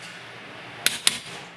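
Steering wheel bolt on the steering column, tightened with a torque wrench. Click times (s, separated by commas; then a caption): 0.9 s, 1.1 s. A steering wheel bolt threaded through the wheel onto the steering column is tightened with a click-type torque wrench set to 46 ft-lb. Two sharp clicks sound at 0.9 s and 1.1 s over a quiet background, showing the wrench has reached its torque setting.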